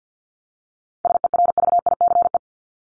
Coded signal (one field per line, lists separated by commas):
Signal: Morse code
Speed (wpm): 48 wpm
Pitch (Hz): 700 Hz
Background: none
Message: SERVICE